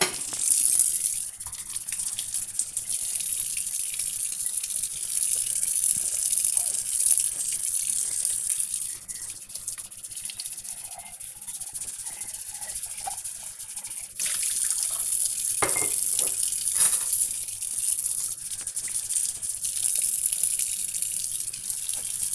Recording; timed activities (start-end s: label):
household activities, microphone on the right wrist
0.00-22.34 s: washing dishes